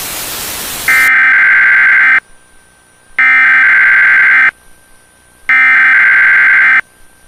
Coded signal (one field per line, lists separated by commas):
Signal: Emergency Alert System (SAME) tones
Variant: header bursts